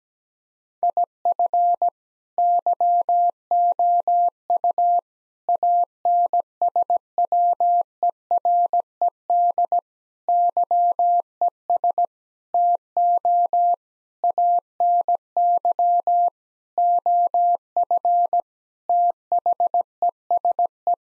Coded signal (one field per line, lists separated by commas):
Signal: Morse code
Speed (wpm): 17 wpm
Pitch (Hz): 700 Hz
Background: none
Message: IF YOU ANSWERED YES TO ANY OF THESE